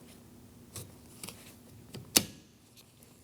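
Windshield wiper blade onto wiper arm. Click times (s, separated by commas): 2.2 s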